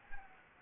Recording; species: mosquito wingbeat signal from an infrared sensor; Anopheles gambiae